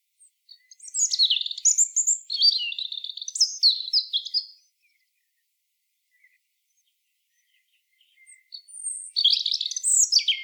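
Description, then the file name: European robin giving two rich, tumbling warbled phrases of varied high notes, separated by roughly four seconds of silence. "Erithacus rubecula"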